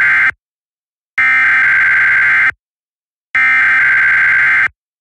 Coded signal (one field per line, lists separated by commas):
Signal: Emergency Alert System (SAME) tones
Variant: header bursts